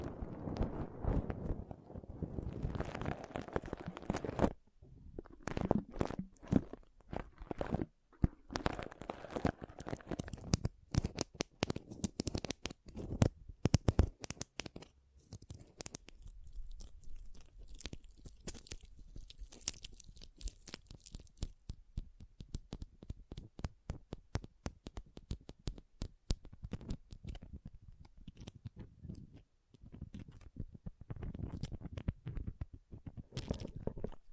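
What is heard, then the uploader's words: Pom poms are rustled and squeezed in a dense, crinkly crackle of tiny irregular crunches. The first few seconds are thick and full, then short pauses break it up. Midway it thins to sparser, crisp ticks before thickening again near the end. ASMR Ultimate Pom Pom Tingles (No Talking).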